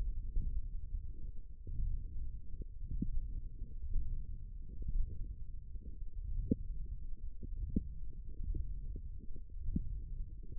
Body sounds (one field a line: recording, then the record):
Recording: forearm muscle sounds (acoustic myography)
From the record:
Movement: index flexion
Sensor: system 1, eight BSWA MPA416 microphones around the upper forearm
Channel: 3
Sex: female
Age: 22 years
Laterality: right